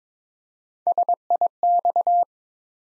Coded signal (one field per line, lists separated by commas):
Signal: Morse code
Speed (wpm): 21 wpm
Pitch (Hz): 700 Hz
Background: none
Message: SIX